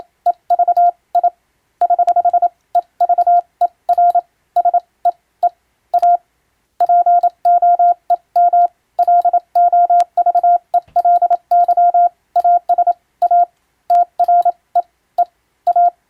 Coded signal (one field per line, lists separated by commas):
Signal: Morse code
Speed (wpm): 27 wpm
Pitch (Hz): 700 Hz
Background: none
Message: EV I <HH> EVER SEE A POEM LOVELY AS A TREE A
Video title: 【船舶通信士】懐かしい船舶通信士が打つ欧文無線電報！無線通信士の国家試験の練習です。今でもモールスの実技試験があります。アマチュア無線の受信トレーニングにどうぞ morse code practice